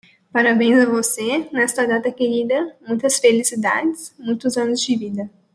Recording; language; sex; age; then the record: short text; Brazilian Portuguese; female; 20 to 29 years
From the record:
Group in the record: control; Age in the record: 22 years